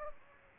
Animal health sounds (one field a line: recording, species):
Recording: mosquito wingbeat signal from an infrared sensor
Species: Aedes aegypti